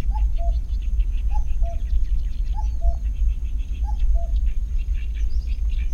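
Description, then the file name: Common cuckoo's steady cu-coo: four falling double notes, evenly spaced, over low rumbling noise with faint higher sounds. "cuckoo-common Cuculus-canorus"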